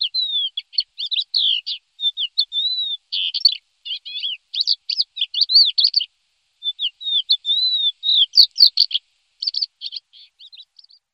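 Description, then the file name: Thekla's lark song, a quick run of sweet whistled and scratchy notes with brief pauses, phrases flowing continuously with a short gap near six seconds. "chocholouš-vavřínový"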